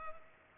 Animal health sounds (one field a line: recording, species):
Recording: mosquito wingbeat signal from an infrared sensor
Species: Culex pipiens